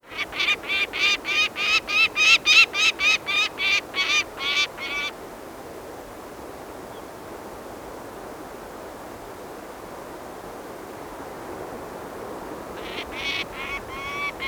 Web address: wanderfalke rufe über nest kreisend. stadt wanderfalke